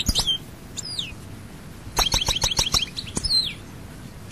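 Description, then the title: European goldfinch calls: scattered falling whistled notes and a brief burst of sharp chirps in the middle, with quieter gaps between. "Chant Chardonneret"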